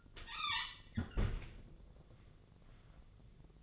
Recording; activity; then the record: daily activity, microphone in the room; close fridge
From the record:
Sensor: 4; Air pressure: 1000.9 hPa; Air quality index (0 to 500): 131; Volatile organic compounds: 1 ppm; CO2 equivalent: 975 ppm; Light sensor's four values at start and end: 29/70/29/32 and 30/72/30/33